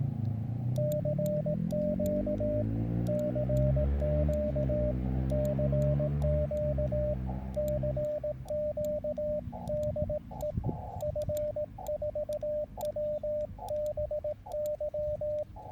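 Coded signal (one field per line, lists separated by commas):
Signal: Morse code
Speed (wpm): 18 wpm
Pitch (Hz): 600 Hz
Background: radio noise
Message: CQ CQ CQ CQ DE F4WBY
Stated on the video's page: Received while testing a 130ft end-fed 8010P antenna resonant on 80/40/30/20/17/15/12/10m bands.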